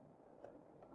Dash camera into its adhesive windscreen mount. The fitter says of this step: and lock into place